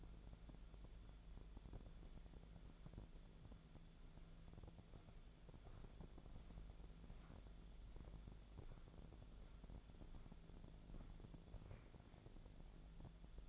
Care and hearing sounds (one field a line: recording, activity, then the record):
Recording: daily activity, microphone in the room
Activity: walk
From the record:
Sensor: 5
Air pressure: 1008.5 hPa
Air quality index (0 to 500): 158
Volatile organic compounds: 3 ppm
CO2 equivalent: 1525 ppm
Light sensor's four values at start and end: 68/186/73/75 and 68/186/73/75